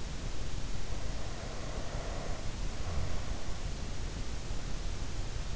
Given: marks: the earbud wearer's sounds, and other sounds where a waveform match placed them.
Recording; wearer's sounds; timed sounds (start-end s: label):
sounds in sleep by an in-ear microphone; breath
0.54-3.85 s: breath